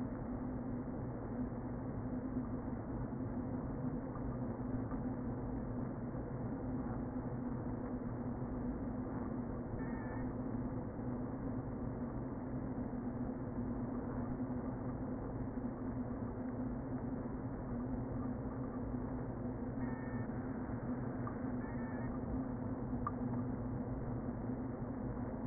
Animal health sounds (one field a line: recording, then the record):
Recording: honeybee colony, microphone inside the hive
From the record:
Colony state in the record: queen present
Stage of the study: before two queens were removed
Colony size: about 60,000 bees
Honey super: yes